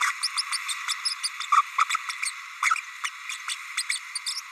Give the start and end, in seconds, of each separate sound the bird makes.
0.00-0.12, 0.23-0.28, 0.37-0.42, 0.52-0.57, 0.68-0.74, 0.88-0.94, 1.05-1.14, 1.23-1.29, 1.51-1.62, 1.78-1.85, 1.89-1.96, 2.08-2.13, 2.25-2.31, 2.62-2.75, 3.03-3.10, 3.48-3.55, 3.77-3.83, 3.89-3.99, 4.15-4.18, 4.26-4.41